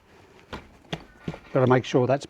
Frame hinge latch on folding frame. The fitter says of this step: Now we can click the frame and secure it in place